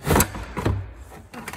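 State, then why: Seated. The plastic rear interior trim panel of an E30 325i convertible is pushed lip-first into the car body behind the rear seat and pressed home into its clips. Rustling and knocks are heard as it is worked in, and it pops into place with a sharp click at 1.5 s, fully seated.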